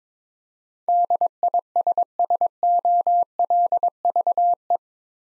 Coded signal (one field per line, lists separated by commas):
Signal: Morse code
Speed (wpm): 22 wpm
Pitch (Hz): 700 Hz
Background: none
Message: DISSOLVE